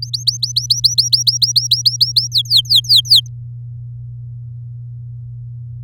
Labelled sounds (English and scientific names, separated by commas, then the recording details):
Domestic Canary (Serinus canaria) song
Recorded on 9 May 2018 at 07:52
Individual llb16